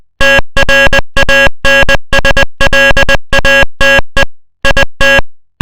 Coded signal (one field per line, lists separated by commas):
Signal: Morse code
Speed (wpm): 20 wpm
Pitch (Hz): 1650 Hz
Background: music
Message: TRANSLATE IT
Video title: this video is made of morse code